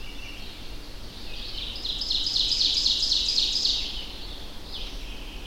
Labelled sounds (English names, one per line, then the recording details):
Ovenbird song
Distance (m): 25 m
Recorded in boreal forest in Alberta, Canada, on 25 June 2016 at 07:44
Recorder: SongMeter 3, array SBT-6-76
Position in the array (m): 13 m, 108 m
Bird 2